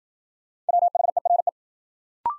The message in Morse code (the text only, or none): WHERE